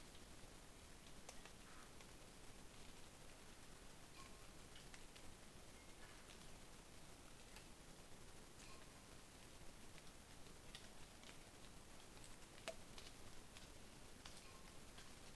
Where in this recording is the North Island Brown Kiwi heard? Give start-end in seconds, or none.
none